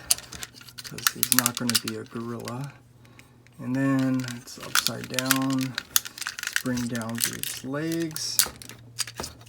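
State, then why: Not seated. Someone talks while handling a G1 Apeface Decepticons Headmasters transforming plastic action figure, swinging its legs down during transformation, with sharp plastic ticks and rattles between the words. The plastic leg joint has not clicked into place yet, so nothing has seated.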